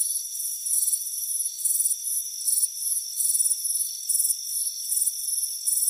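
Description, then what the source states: Crickets give bright rapid chirps, bursts running close together, over an unbroken high-pitched hum. Crickets chirping on a warm afternoon by a front porch.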